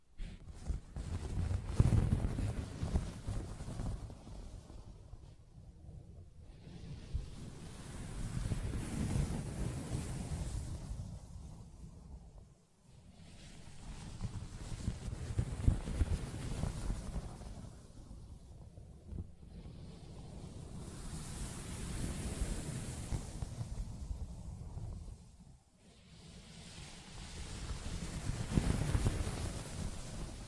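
Soft scratching and rubbing on a fabric surface, heard as a steady, dense rustle that swells and fades in long strokes roughly every six seconds. The sound is mostly low and muffled, with brief quiet gaps between passes and a few faint taps.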